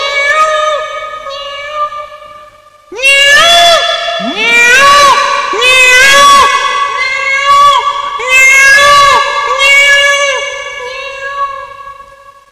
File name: peacock